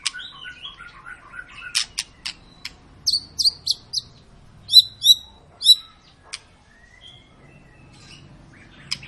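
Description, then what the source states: White-rumped shama singing soft chattering notes and sharp high clicks, followed by a few loud high whistles spaced about half a second apart. Long lure song of an actively singing (gacor) white-rumped shama, played to prompt other birds to sing.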